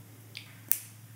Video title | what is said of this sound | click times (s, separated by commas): How to Build a Simple Model with Fischertechnik | and you just push it in snap and you hear it snap when I put it in there | 0.7 s